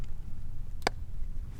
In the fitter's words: you hear that little click that's your night latch that's how you know your trap Pan's level it's ready to go and